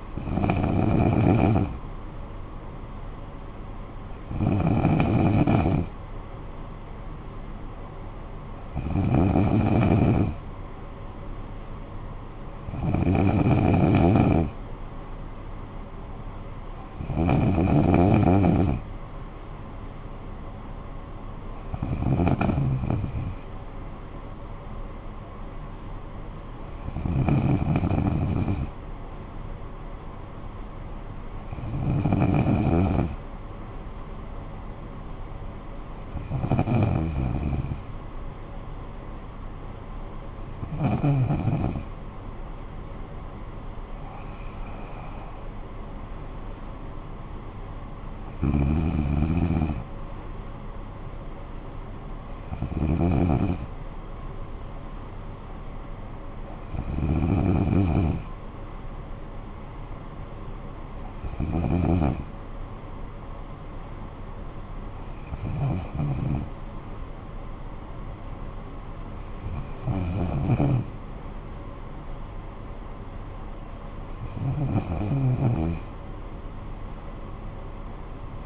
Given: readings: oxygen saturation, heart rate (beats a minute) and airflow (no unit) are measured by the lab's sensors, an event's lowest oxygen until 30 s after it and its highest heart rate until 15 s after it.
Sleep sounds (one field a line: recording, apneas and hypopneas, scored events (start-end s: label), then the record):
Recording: breathing in sleep by a smartphone at the bedside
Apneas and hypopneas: none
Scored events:
none scored
From the record:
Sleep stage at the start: N2 (light sleep)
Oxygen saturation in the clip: 94 to 95%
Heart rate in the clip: 54 to 70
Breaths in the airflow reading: 18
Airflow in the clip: -10.6 to 7.3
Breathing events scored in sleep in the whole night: 445 in 7.6 hours asleep